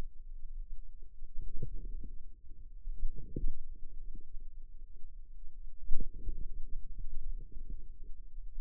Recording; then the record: forearm muscle sounds (acoustic myography)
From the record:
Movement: wrist flexion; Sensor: system 2, bracelet of six BSWA MPA416 microphones around the upper forearm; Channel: 2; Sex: female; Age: 22 years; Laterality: right